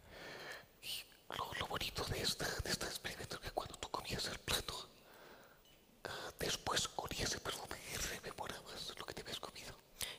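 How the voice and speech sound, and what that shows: An adult man speaks fluent Spanish in a near-whisper with almost no voiced tone, broken by short pauses. The cause is laryngeal dystonia, a neurological condition that causes involuntary spasms of the larynx and prevents him from producing voice.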